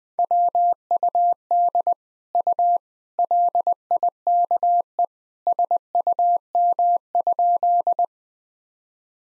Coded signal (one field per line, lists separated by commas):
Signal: Morse code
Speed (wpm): 20 wpm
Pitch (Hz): 700 Hz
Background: none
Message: WUD U LIKE SUM?